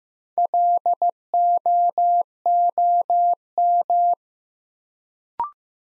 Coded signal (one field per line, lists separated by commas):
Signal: Morse code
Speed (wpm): 15 wpm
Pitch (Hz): 700 Hz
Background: none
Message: LOOM